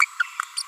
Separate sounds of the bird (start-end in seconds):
0.01-0.05, 0.57-0.62